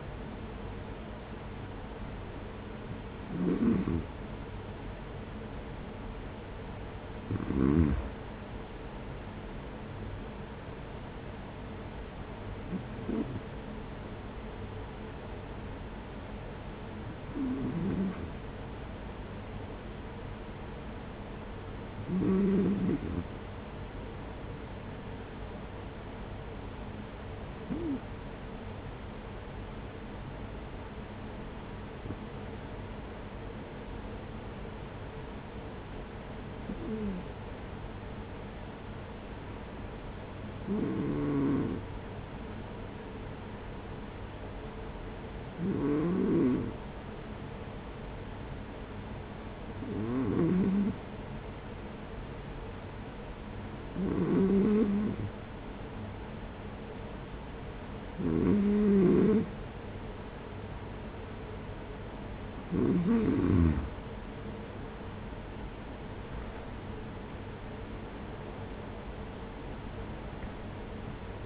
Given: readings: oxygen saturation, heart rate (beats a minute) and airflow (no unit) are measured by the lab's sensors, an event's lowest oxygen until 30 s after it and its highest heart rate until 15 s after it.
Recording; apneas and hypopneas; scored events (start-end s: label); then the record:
breathing in sleep by a voice recorder at the bedside; 1
16.00-62.90 s: hypopnea (N2, oxygen 95% highest, then 92% lowest, heart rate 48 at the start, 68 highest)
From the record:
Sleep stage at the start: N2 (light sleep); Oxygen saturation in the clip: 92 to 95%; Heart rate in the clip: 44 to 55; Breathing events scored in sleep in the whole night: 210 in 6.9 hours asleep